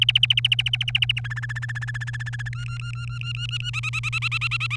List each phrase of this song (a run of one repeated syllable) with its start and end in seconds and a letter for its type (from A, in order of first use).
0.02-1.20 A, 1.24-2.49 B, 2.53-3.70 C, 3.73-4.76 D